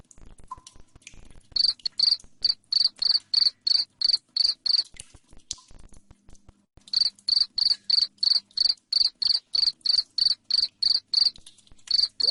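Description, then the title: Cricket chirping, strong regular pulsed chirps about three per second, broken by a short pause filled with faint clicking before the chirps resume. Loud cricket chirping used to make lovebirds sing continuously. "Suara JANGKRIK NGERIK Keras Bikin LOVEBIRD Jadi NGEKEK Terus Vubey"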